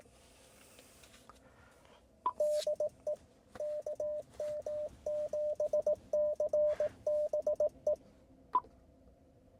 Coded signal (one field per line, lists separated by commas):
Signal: Morse code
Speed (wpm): 19 wpm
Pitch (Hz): 600 Hz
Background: radio noise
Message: DE KM7CBE